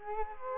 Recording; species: mosquito wingbeat signal from an infrared sensor; Culex quinquefasciatus